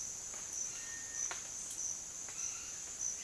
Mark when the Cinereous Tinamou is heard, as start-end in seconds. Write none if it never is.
0.66-1.35